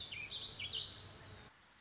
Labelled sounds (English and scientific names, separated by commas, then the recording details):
Warbling Vireo (Vireo gilvus)
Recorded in Sonoma County, California